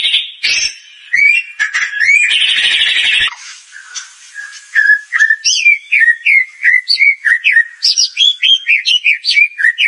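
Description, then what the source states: White-rumped shama song: harsh buzzy bursts early on, then a long sequence of clear whistled slurred notes, rising and falling, repeated rapidly. Bird singing energetically, used as a lure to provoke a response.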